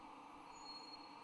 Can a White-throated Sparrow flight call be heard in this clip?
no